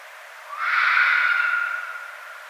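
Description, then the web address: Red fox: one rough, hoarse wailing cry, starting sharply and slowly fading within two seconds, over faint background hiss. Recorded 1 February 2012. "Red Fox 2012 02 01"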